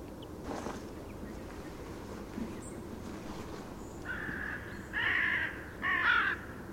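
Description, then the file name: Carrion crow giving three rasping caws in the second half, each louder than the last, after a quiet stretch. "Corvus corone"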